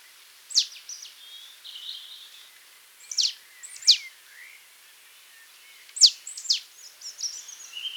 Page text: Marsh Tit Calls - Quick Sounds